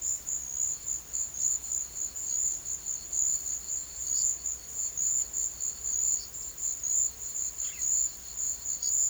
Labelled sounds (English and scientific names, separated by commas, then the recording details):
none
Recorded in pastures near Puerto Asís, Putumayo, Colombia, on 21 March 2025 at 15:00
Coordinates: 0.487, -76.322
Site G077